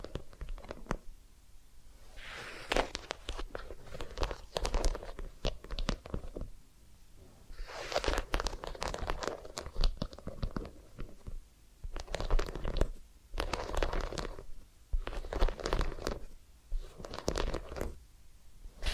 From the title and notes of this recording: ASMR Relaxing Massage, Ear Cleaning and Spa Making You Sleep Instantly (No Talking).